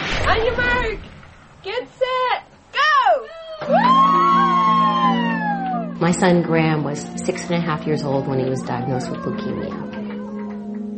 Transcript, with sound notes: On your mark, get set, go!
(CHEERS) My son Graham was six and a half years old when he was diagnosed with leukemia.